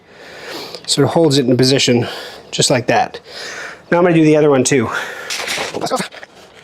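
During an animated LED taillight install on a Mini R56, the top screw has been threaded in to hold the light in position, and the wiring connector is being handled for the LED taillight assembly while someone talks. Brief handling noises are heard, with a short sharp sound near 0.8 s and another faint one near 6.6 s. The connector has not clicked or seated yet.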